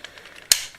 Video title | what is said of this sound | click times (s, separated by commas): Devasator | there's a tab here and a notch, click into place, | 0.5 s